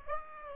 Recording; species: mosquito wingbeat signal from an infrared sensor; Aedes aegypti